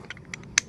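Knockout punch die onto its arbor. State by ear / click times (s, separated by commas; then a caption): seated / 0.6 s. A metal knockout punch die is fitted onto its arbor, where a spring-loaded ball bearing lets it lock into place at a notch. A few soft metallic taps and scrapes come first, then a sharp, bright metallic click at 0.6 s as the die locks onto the arbor.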